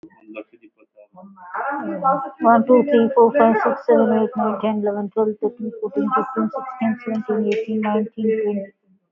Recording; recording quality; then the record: counting at a fast pace; moderate, slight background noise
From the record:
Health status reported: recovered from COVID-19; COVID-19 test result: positive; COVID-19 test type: RT-PCR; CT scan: not taken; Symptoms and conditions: loss of smell and taste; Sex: female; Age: 38 years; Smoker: no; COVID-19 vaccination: both doses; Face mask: not worn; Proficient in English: yes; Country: India